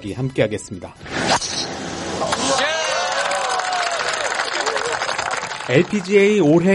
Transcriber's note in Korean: 녹취: 골프대회 현장음